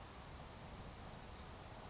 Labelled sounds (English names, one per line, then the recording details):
California Towhee
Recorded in Sonoma County, California